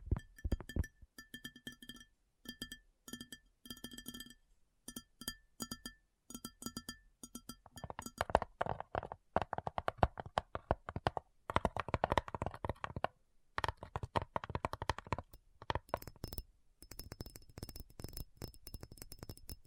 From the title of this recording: ASMR Addictive Tapping